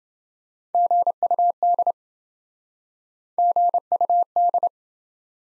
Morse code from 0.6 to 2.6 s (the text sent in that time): GUD